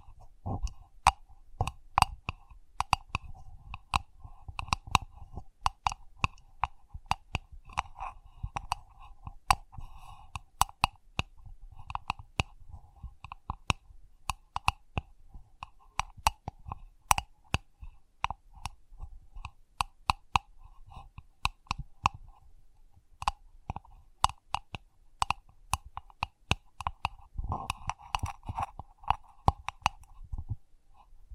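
Close, crisp tapping continues in irregular bursts throughout, sharp clicks over a soft hollow tone, with a denser flurry near the end.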